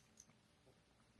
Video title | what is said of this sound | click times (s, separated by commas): The Best Affordable EDC? | and it's locked in place so that's just on the outside now we'll explore the inside of Flip It open | 0.2 s